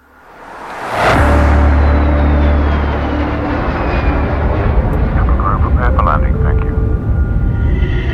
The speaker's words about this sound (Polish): Lecący z Azerbejdżanu prywatny odrzutowiec Embraer Legacy 600 dotyka płyty lotniska Le Bourget niedaleko Paryża.